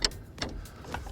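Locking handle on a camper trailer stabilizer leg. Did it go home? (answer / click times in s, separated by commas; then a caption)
yes / 0.0 s. The blue locking handle on the steel stabilizer leg of an MDC Cruizer Slide offroad camper trailer is released after the leg is lowered and wiggled. It gives a sharp click at 0.1 s as it snaps back into place and locks, followed by lighter knocks around 0.4 s and 0.9 s. The handle is seated and locked.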